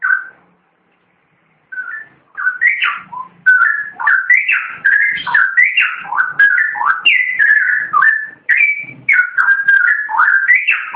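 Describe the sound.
Long-tailed shrike song: a brief note, a short silence, then a fast, jumbled stream of whistled and warbled notes, rising and falling in pitch without a steady pattern.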